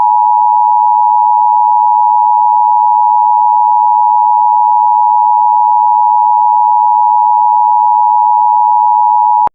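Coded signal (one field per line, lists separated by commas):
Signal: Emergency Alert System (SAME) tones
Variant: 853 and 960 Hz attention tone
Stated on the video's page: Fictional zombie EAS scenario with loud, scary tones; not a real alert.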